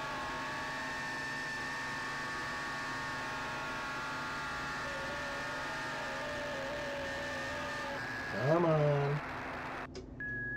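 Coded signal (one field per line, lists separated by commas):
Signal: FT8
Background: speech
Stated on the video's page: Uncut real-world FT8 session on 20 m using WSJT-X, including missed QSOs.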